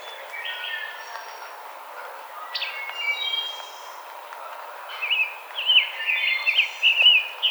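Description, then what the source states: Rose-breasted grosbeak bursting into a fast, rich warbled phrase near the end, after a few scattered earlier notes. Recorded 5 May 2007.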